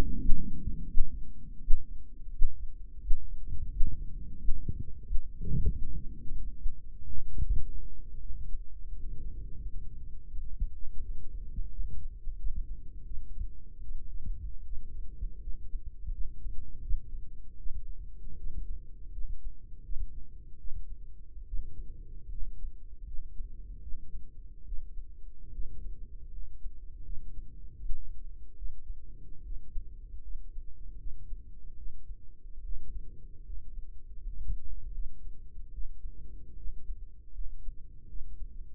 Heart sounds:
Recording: heart sounds by microphone in the right ear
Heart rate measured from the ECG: 79 bpm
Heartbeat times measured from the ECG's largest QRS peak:
0.19 s: heartbeat
0.88 s: heartbeat
1.62 s: heartbeat
2.33 s: heartbeat
3.02 s: heartbeat
3.72 s: heartbeat
4.39 s: heartbeat
5.06 s: heartbeat
5.73 s: heartbeat
6.57 s: heartbeat
7.44 s: heartbeat
8.22 s: heartbeat
8.94 s: heartbeat
9.62 s: heartbeat
10.31 s: heartbeat
11.04 s: heartbeat
11.72 s: heartbeat
12.39 s: heartbeat
13.06 s: heartbeat
13.83 s: heartbeat
14.65 s: heartbeat
15.42 s: heartbeat
16.13 s: heartbeat
16.82 s: heartbeat
17.59 s: heartbeat
18.38 s: heartbeat
19.13 s: heartbeat
19.84 s: heartbeat
20.59 s: heartbeat
21.47 s: heartbeat
22.30 s: heartbeat
23.06 s: heartbeat
23.82 s: heartbeat
24.66 s: heartbeat
25.53 s: heartbeat
26.32 s: heartbeat
27.05 s: heartbeat
27.77 s: heartbeat
28.57 s: heartbeat
29.44 s: heartbeat
30.23 s: heartbeat
30.98 s: heartbeat
31.77 s: heartbeat
32.64 s: heartbeat
33.45 s: heartbeat
34.20 s: heartbeat
34.94 s: heartbeat
35.72 s: heartbeat
36.57 s: heartbeat
37.33 s: heartbeat
38.08 s: heartbeat
From the record:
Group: healthy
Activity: rest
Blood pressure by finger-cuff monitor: 119/68 mmHg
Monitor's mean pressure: 80 mmHg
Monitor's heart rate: 79 bpm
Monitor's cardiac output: 6.5 L/min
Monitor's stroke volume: 80 mL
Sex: female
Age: 36 years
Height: 163 cm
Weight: 88 kg

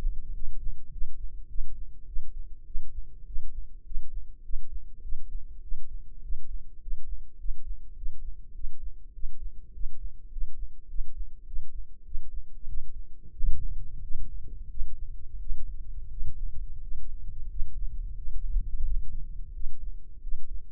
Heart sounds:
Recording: heart sounds by microphone in the left ear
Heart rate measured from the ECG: 97 bpm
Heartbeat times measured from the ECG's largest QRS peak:
0.31 s: heartbeat
0.89 s: heartbeat
1.46 s: heartbeat
2.05 s: heartbeat
2.64 s: heartbeat
3.24 s: heartbeat
3.83 s: heartbeat
4.41 s: heartbeat
5.01 s: heartbeat
5.60 s: heartbeat
6.20 s: heartbeat
6.79 s: heartbeat
7.36 s: heartbeat
7.94 s: heartbeat
8.52 s: heartbeat
9.12 s: heartbeat
9.71 s: heartbeat
10.29 s: heartbeat
10.86 s: heartbeat
11.44 s: heartbeat
12.03 s: heartbeat
12.66 s: heartbeat
13.33 s: heartbeat
14.01 s: heartbeat
14.67 s: heartbeat
15.38 s: heartbeat
16.08 s: heartbeat
16.79 s: heartbeat
17.47 s: heartbeat
18.14 s: heartbeat
18.82 s: heartbeat
19.52 s: heartbeat
20.19 s: heartbeat
From the record:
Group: healthy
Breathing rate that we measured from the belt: 18 breaths a minute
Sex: male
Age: 21 years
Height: 180 cm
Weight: 67.5 kg

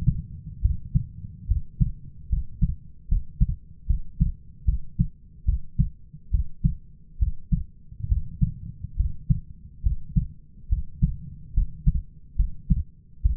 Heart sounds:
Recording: heart sounds by stethoscope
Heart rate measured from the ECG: 71 bpm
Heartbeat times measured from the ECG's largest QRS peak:
0.61 s: heartbeat
1.47 s: heartbeat
2.29 s: heartbeat
3.08 s: heartbeat
3.87 s: heartbeat
4.65 s: heartbeat
5.45 s: heartbeat
6.31 s: heartbeat
7.19 s: heartbeat
8.08 s: heartbeat
8.96 s: heartbeat
9.83 s: heartbeat
10.69 s: heartbeat
11.53 s: heartbeat
12.36 s: heartbeat
13.22 s: heartbeat
From the record:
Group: healthy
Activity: rest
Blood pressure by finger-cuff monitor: 133/62 mmHg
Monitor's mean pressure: 82 mmHg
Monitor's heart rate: 70 bpm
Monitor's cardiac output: 6.4 L/min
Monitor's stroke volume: 91 mL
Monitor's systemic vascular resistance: 930 dyn s/cm5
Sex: female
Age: 37 years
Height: 168 cm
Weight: 70 kg

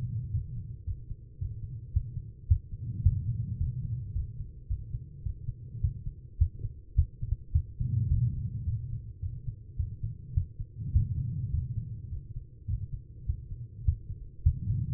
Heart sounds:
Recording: heart sounds by stethoscope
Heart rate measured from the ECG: 106 bpm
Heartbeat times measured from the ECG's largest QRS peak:
0.31 s: heartbeat
0.85 s: heartbeat
1.39 s: heartbeat
1.93 s: heartbeat
2.48 s: heartbeat
3.03 s: heartbeat
3.58 s: heartbeat
4.13 s: heartbeat
4.67 s: heartbeat
5.23 s: heartbeat
5.81 s: heartbeat
6.38 s: heartbeat
6.95 s: heartbeat
7.52 s: heartbeat
8.08 s: heartbeat
8.64 s: heartbeat
9.20 s: heartbeat
9.77 s: heartbeat
10.34 s: heartbeat
10.92 s: heartbeat
11.51 s: heartbeat
12.09 s: heartbeat
12.67 s: heartbeat
13.26 s: heartbeat
13.85 s: heartbeat
14.43 s: heartbeat
From the record:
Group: healthy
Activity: rest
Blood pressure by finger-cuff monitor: 138/76 mmHg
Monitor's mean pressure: 94 mmHg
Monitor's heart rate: 107 bpm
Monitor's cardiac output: 7.8 L/min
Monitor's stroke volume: 73 mL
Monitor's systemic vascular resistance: 870 dyn s/cm5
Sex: female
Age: 43 years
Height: 160 cm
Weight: 90 kg

